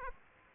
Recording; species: mosquito wingbeat signal from an infrared sensor; Aedes aegypti